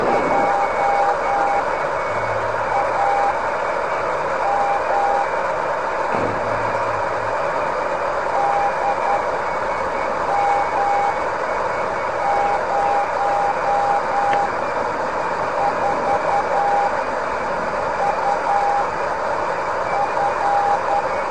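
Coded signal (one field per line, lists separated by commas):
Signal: Morse code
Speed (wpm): 10 wpm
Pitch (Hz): 810 Hz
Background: none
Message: JAM DM04UF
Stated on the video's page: Amateur longwave beacon on 187 kHz (1750 m), FCC Part 15 low power, AM88 transmitter at 1 watt input, 5 to 7 mW ERP, received on a DX440.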